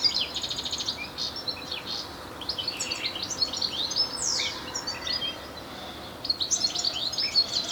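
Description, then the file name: European goldfinch twittering, quick tinkling and buzzy high notes in bursts, with a short pause before the chatter resumes near the end. "Carduelis carduelis"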